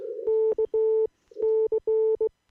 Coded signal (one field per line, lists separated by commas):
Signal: Morse code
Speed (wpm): 18 wpm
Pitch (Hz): 440 Hz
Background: none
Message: K C